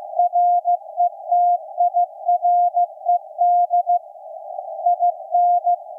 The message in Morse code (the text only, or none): RETIRED IN